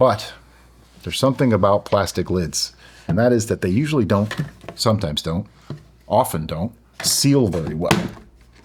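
A plastic lid is being handled onto a plastic fermentation bucket after the yeast has been pitched, while someone talks throughout. Only a faint brief sound is heard near the end, and nothing has seated or snapped into place yet.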